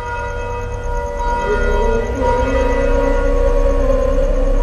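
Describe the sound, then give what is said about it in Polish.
A call to prayer in the Medina district of Dakar, Senegal, mixed with the bells of a nearby church: a loud, sustained, wavering chanted voice over a continuous bed of ringing bell tones, with no speech. “Wołanie na modlitwę miesza się z dźwiękiem dzwonów pobliskiego kościoła.”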